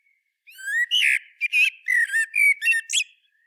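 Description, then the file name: Common blackbird song: one long phrase of rich fluted warbling notes that wander up and down, with scratchy high overtones and brief chuckling accents near the end. "Turdus merula"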